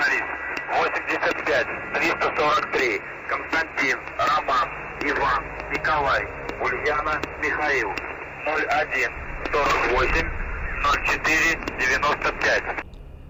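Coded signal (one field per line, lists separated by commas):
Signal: numbers station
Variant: UVB-76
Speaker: Harva kostuvad sagedusel tundmatud venekeelsed nimed ja numbrid, millest tulenevad koodid.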